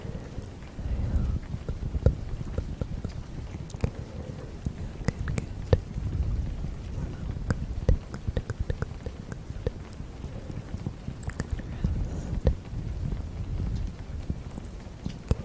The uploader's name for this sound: fast BUT GENTLE tapping - ear blowing, whispering, rain, breathy